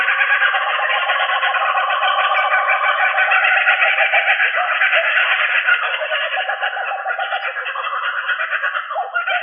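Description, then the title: Australorp chickens forming a loud, unbroken wall of buzzy, pulsing chatter, sustained for the whole stretch. "manok ostrali"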